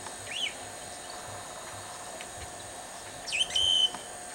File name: Pseudoleistes guirahuro - Canario de la sierra